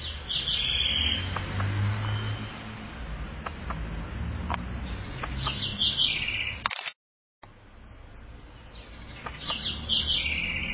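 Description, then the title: Southern house wren repeating several short, rapid warbled phrases of high notes separated by pauses, with faint ticking and low background noise. "cURRUIRA"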